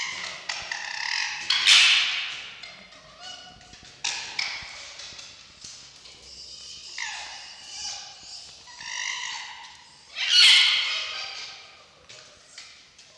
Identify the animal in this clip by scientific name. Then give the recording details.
Vulpes vulpes. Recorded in captivity. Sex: group. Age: adult. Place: Zoologisches Institut der HUB, Berlin, DE. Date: 1953-02-23 17:50. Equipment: Elmetra. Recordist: Tembrock, Günter